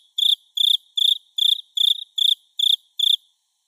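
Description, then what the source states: Cricket giving eight crisp, buzzy chirps at a regular pace, then falling silent. Natsu-no-tsuzuresase cricket, recorded in summer.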